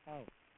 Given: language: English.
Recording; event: throat vibration sensor signal played as sound; speech